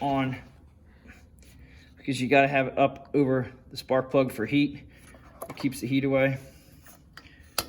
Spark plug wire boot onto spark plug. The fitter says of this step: Okay, and I'm just gonna push that on like that. Make sure it clicks in, we're good to go.